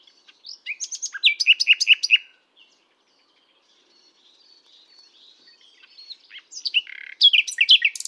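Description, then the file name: Common nightingale song with a burst of sharp repeated notes at the start, a quiet stretch of faint thin whistles, then a rich rapid phrase at the end. "Luscinia megarhynchos"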